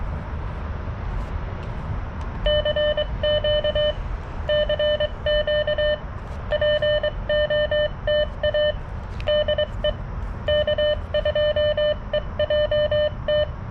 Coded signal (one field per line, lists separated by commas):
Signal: Morse code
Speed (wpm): 18 wpm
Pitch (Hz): 600 Hz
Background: none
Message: CQ CQ POTA DE K2EJT